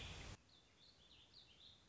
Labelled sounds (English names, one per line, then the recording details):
Warbling Vireo
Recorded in Sonoma County, California